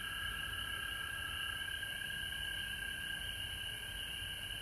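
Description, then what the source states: Many frogs call together in an unbroken high buzzing drone, layered over a lower steady tone, with low rumbling noise underneath. Recorded at home in Georgia on March 19, 2020.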